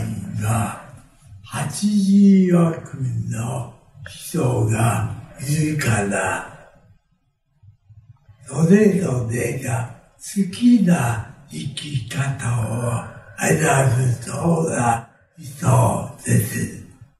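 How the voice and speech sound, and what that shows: A man speaks Japanese slowly in short, effortful phrases, with stretched vowels, a long mid-sentence pause and some blurred word endings. This halting, non-fluent delivery reflects residual aphasia after a 2021 cerebral hemorrhage that left right-side paralysis and severe aphasia. He is recovering speech after about a year of rehabilitation that began with vowel sounds, and his message is still clearly conveyed.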